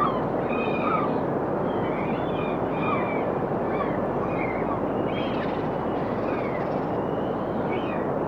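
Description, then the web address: Birds giving short whistled chirps and thin, slurred notes, scattered throughout over a constant roar of surf. Birds on a rocky shoreline. "Dr Sound Effects Birds On a Rocky Shoreline"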